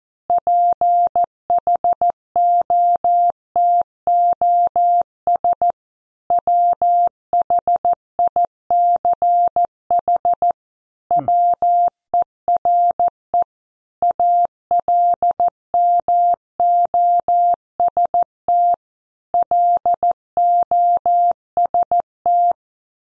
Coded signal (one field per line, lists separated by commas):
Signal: Morse code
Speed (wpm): 14 wpm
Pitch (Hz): 700 Hz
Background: none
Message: PHOTOS WHICH WERE ALMOST LOST